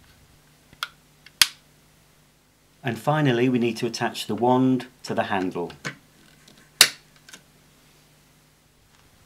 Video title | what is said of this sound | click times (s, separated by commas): Toy Miele Cylinder Vacuum Cleaner By Theo Klein Unboxing & Demonstration | and that fits on just like the real thing just push it in and twist until you hear a click | 1.4 s